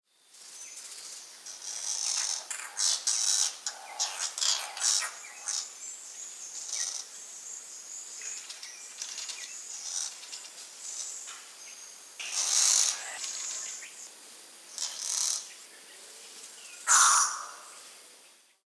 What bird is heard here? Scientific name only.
Lybius dubius